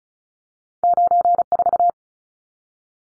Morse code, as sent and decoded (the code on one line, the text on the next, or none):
----. ....-
94